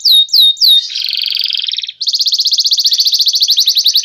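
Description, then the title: Bird song: three sharp whistled downslurs, then a dense buzzy trill and a fast rapid trill running to the end. Training recording played to teach songbirds. "Suara masteran Burung"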